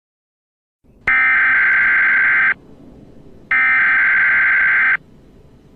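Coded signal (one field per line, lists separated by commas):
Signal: Emergency Alert System (SAME) tones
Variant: header bursts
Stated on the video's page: Fictional EAS scenario made for entertainment, using actual SAME tones.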